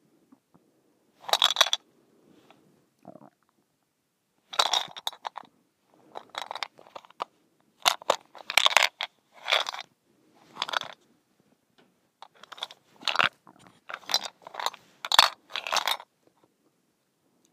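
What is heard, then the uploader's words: A mint shaker is rattled in short, bright, crunchy bursts, each lasting about half a second to a second, separated by silent gaps. Bursts come irregularly, a dozen or so across the clip, clustering more densely toward the end. ASMR: Mint Shaker.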